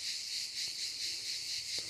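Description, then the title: Cicada gives a shrill, continuous buzz with a gentle rhythmic throb, plus a few faint low taps. "cigales"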